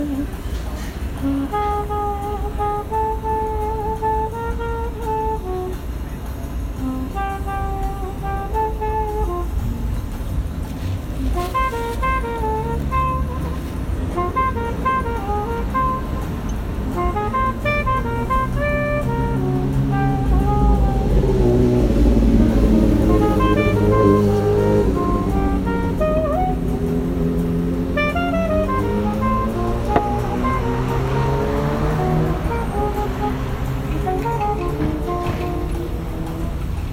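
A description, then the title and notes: Street busking at a café: a melodic instrument plays a tune of held notes and quick stepping runs over a low accompanying line. The playing swells fuller and louder around 20 to 25 seconds. A steady traffic rumble runs underneath throughout. SF Café Busking. Lovely sounds by the bay over lunch.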